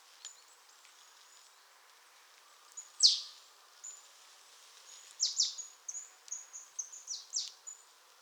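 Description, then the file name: Marsh tit calling: one loud, sharp, high downslurred note, then a loose series of quick, thin high calls over faint background noise. "Poecile palustris"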